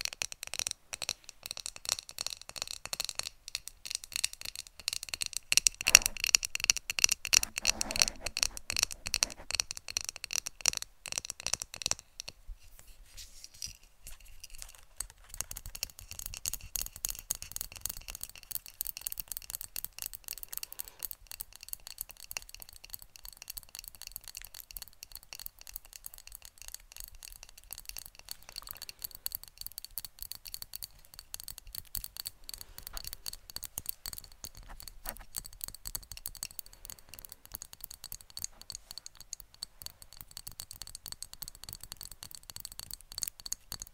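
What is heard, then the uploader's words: ASMR tapping, a dense run of quick, light taps with a crisp, bright, clicky edge. The first twelve seconds are louder and busier, peaking around six seconds; after a brief lull the tapping continues softer and steadier to the end. ASMR Best Tapping.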